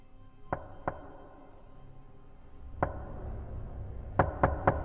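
Sharp, hollow knocks on a door from outside: two spaced raps, a lone rap after a pause, then a quick, even set of three, all over a low steady rumble with no voices.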